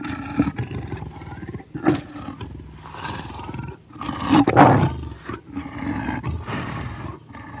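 Leopard grunts and growls, a run of coarse throaty pulses with a louder, sharper burst near the middle before settling back to lower rasping.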